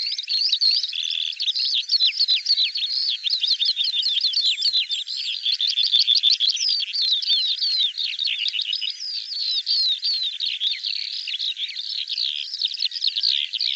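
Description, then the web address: Bird singing a long, fast run of short chirping and down-slurred notes, about three each second, with mixed twitters between them. "cianscape birddata Deverinetal 2025 Bird"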